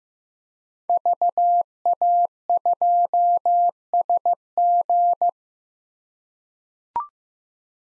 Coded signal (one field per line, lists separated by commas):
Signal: Morse code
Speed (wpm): 15 wpm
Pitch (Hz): 700 Hz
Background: none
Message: VA2SG